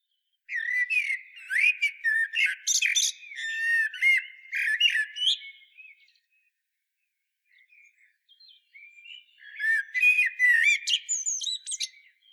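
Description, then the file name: Common blackbird singing a long run of mellow whistled notes broken by shrill, scratchy twitters, then a pause before another warbling phrase with squeaky high flourishes. "Turdus merula"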